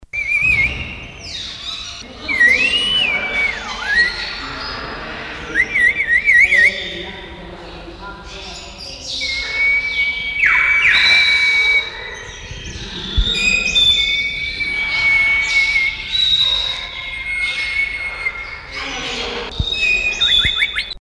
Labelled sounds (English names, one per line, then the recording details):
Yellow-bibbed Lory call
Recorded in captivity
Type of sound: call
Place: Zoo Köln, Nordrhein-Westfalen, DE
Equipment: Halbspur, 9,5 cm/s
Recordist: Lütgens, Hans
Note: Rufe